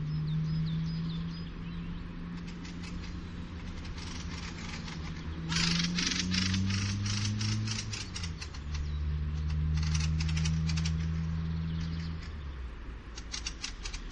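Fieldfare chattering calls, rapid harsh dry chacks in bursts, over a droning engine hum that rises and falls in pitch throughout.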